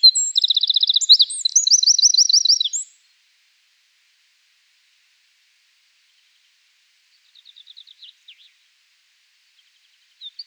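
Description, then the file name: Eurasian wren singing a rapid, ringing burst of high trills for under three seconds, followed by a long pause with a faint trill. "Troglodytes troglodytes"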